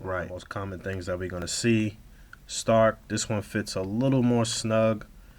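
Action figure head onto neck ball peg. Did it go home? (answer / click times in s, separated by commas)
no / none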